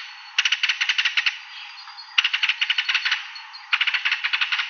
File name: Canto do martim pescador da mata